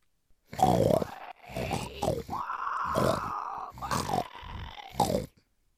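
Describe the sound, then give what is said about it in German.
A voice imitates a pig saying its night prayer, giving a string of about six or seven loud, throaty grunts and snorts in an uneven rhythm, one drawn out longer than the rest, with no ordinary speech. “Nach den ersten Wochen der Gefangenschaft pflegte das Schwein nach dem harten Arbeitstag und vor der Nachtruhe auf einer harten Pritsche sein Nachtgebet zu sprechen.”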